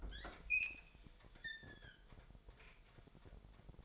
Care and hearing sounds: daily activity, microphone in the room; open fridge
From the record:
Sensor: 5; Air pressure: 1002.1 hPa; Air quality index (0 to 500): 224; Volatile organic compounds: 28 ppm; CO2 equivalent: 2918 ppm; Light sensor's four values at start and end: 9/21/9/10 and 10/24/10/11

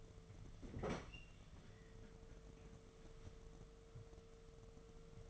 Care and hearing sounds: daily activity, microphone in the room; open fridge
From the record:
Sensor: 4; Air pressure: 1015.8 hPa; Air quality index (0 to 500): 184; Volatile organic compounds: 9 ppm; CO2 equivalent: 2128 ppm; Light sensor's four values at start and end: 12/28/11/11 and 9/19/8/8

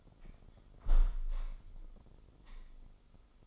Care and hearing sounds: daily activity, microphone in the room; close window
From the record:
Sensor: 5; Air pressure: 995.9 hPa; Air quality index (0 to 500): 99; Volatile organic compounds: 6 ppm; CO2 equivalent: 1904 ppm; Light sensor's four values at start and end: 40/97/39/41 and 40/97/39/41

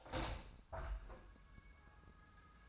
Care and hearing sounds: daily activity, microphone in the room; open window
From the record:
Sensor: 2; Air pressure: 1004.5 hPa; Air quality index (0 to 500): 84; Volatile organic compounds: 2 ppm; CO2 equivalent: 1003 ppm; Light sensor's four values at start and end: 6/14/5/6 and 6/14/5/6

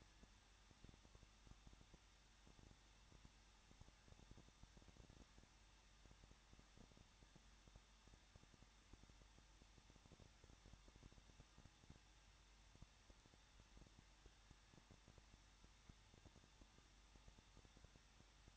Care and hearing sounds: daily activity, microphone in the room; no activity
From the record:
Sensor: 3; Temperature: 21.2 degrees Celsius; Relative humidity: 36.3%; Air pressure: 1006.2 hPa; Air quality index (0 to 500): 221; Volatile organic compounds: 41 ppm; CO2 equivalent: 3160 ppm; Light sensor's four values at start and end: 2/3/2/2 and 2/3/2/2

